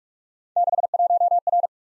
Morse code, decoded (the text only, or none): 61R